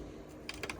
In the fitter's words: Okay, so that's clicked back in.